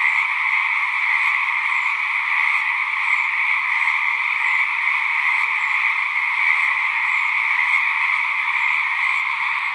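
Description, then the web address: Frog chorus, a constant buzzing trill from many callers blending into one even, unbroken drone throughout. "Frogs Singing"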